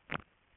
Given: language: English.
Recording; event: throat vibration sensor signal played as sound; swallow